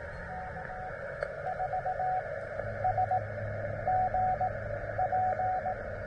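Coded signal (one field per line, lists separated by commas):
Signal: Morse code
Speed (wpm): 18 wpm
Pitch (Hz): 750 Hz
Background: radio noise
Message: K4SGP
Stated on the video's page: CW park activation on a vertical antenna, battery powered.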